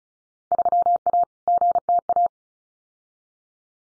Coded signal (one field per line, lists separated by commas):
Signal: Morse code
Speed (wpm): 34 wpm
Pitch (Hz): 700 Hz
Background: none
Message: 3A GTA